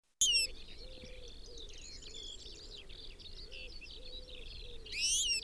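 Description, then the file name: European goldfinch giving a loud, harmonically rich call at the start and again near the end, over a busy chorus of twittering small birds. "Carduelis carduelis"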